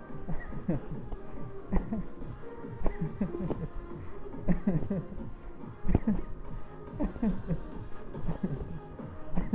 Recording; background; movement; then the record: laughter; music; walking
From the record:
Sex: male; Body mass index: 20.5 kg/m2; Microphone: on the chest, facing the body